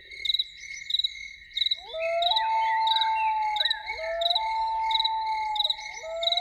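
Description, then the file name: Loon's drawn-out wail begins partway through, climbing and holding a long tone, with further rising notes toward the end, over a regular pulsing insect chorus. Evening. "Evening with Loons"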